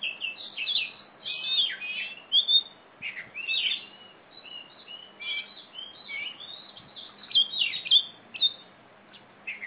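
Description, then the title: Oriental magpie-robin singing a lively run of sweet whistles and sharp chirps in quick bursts with short pauses between. Female competition bird of the poci type, black, a national first-place champion from East Java, described as a fighting bird that sings constantly (gacor). "Kacer Juara 1 Nasional gacor kacer juara nasional jawa timur kacer tarung betina poci gacor hitam"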